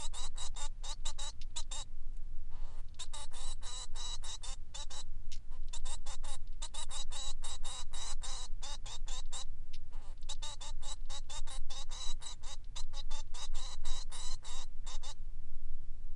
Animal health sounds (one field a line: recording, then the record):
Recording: song of a male Bengalese finch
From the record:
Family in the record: son of father 3